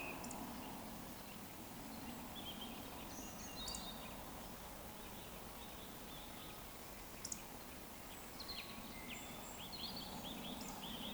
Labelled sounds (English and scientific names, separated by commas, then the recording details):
Eurasian Woodcock (Scolopax rusticola)
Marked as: woodcock, woodcock, woodcock, woodcock
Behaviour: display flight
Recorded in Baden-Württemberg, Germany, on 16 June 2020 at 20:03 UTC
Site 14569, 102 m above sea level